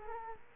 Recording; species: mosquito wingbeat signal from an infrared sensor; Culex quinquefasciatus